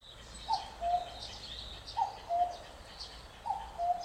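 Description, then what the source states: Common cuckoo calling its two-note cu-coo, a higher note falling to a lower one, given three times about every one and a half seconds over faint background hiss. Recorded 25 May 2021.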